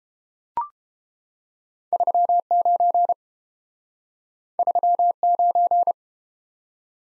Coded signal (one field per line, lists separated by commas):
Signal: Morse code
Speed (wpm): 31 wpm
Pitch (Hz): 700 Hz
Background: none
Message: 39 39